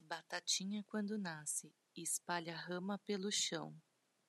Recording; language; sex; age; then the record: short text; Brazilian Portuguese; female; 40 to 49 years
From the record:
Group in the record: control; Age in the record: 46 years